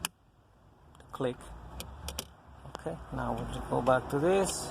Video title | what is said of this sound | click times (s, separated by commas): BMW e90 Battery Replacement, Remove, Install & Register 335i, M3, e92, e93, | really hit the pop click | 0.0 s